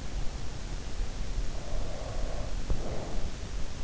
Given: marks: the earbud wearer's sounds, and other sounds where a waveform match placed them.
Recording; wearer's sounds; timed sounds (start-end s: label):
sounds in sleep by an in-ear microphone; breath
1.24-3.75 s: breath